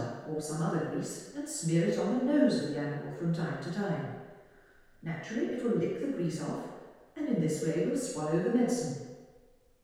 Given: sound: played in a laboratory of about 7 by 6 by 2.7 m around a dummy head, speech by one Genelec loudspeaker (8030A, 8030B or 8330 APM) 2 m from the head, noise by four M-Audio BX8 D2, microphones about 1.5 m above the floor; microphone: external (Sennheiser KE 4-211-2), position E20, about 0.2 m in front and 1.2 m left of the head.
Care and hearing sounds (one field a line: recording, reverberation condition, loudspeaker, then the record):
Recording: female speech in English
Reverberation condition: high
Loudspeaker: 90 degrees to the right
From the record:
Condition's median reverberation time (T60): about 1300 ms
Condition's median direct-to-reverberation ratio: about -4.0 dB